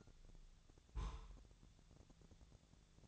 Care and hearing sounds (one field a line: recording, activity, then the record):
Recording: daily activity, microphone in the room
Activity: place on stove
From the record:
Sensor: 3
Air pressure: 999.3 hPa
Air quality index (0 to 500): 199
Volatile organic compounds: 46 ppm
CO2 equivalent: 3240 ppm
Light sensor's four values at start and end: 7/17/7/6 and 7/17/7/6